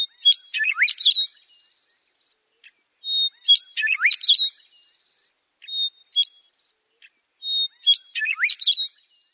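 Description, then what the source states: Western Meadowlark song, a rich flutelike warble opening with clear whistles and ending in a tumbling gurgle, repeated several times. Beautiful musical warble differing from the eastern meadowlark's few clear notes; resident year-round in grassy areas, pastures and foothills; males often sing atop fence posts.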